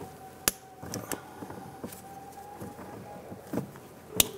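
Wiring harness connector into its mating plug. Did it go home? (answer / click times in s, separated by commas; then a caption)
yes / 0.5 s. On a 2002-2008 Dodge Ram 1500, an electrical wiring harness connector on the front suspension wiring, likely the wheel speed sensor plug, is pressed into its mating plug and clicks in sharply at 0.5 s. Lighter handling ticks follow around 0.9 and 1.1 s, and another sharp click sounds at 4.2 s as the red lock tab is pushed down. The connector is seated.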